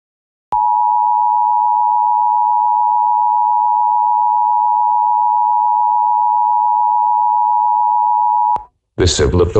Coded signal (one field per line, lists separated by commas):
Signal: Emergency Alert System (SAME) tones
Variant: 853 and 960 Hz attention tone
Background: speech